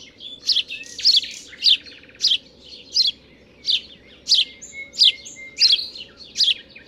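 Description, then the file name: House sparrow chirping repeatedly, bright clipped notes roughly every two-thirds of a second, with faint twitters and a steady low rumble underneath. "Passer domesticus"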